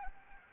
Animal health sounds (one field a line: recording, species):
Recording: mosquito wingbeat signal from an infrared sensor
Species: Anopheles gambiae